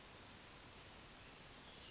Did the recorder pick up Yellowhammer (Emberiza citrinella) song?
no